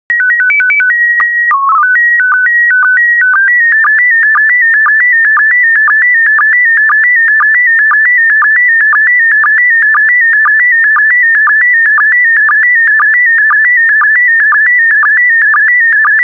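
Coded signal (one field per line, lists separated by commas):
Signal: SSTV (slow-scan television)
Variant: PD 120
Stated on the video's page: PD120 SSTV images of North American wildlife, posted as daily decoding practice.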